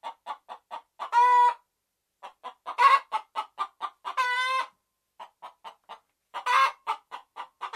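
Red junglefowl giving rapid clucks throughout, broken by four loud, harsh squawks.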